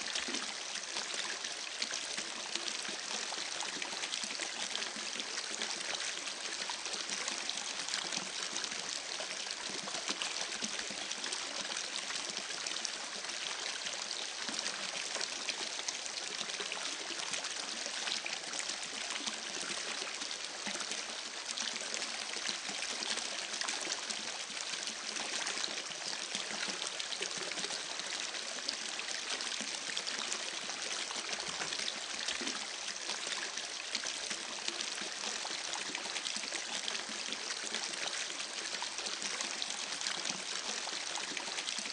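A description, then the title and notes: Water runs steadily for the whole stretch, a dense, even rush like a stream or trickle. The sound is bright and hissy, with little low rumble, and its level barely changes from start to finish, with no separate events standing out. Soothing Water Sounds.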